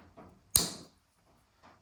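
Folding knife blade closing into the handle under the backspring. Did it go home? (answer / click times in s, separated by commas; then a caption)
yes / 0.6 s. Another blade of a Case XX Balloon Whittler slipjoint pocketknife is folded shut, snapping closed into the handle against its backspring with one sharp, bright click at 0.6 s that rings briefly before fading. Faint soft handling rustles come before and after. The blade seats fully with a good, crisp snap.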